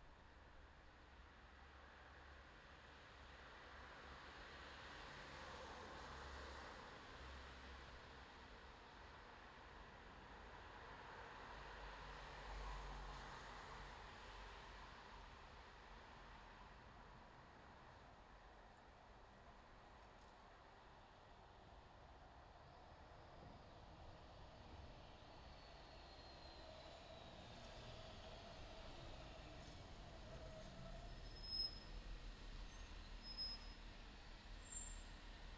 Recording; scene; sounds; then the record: everyday scene through a hearing-aid microphone; in traffic; traffic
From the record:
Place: bus stop on a city main road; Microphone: in the ear canal, left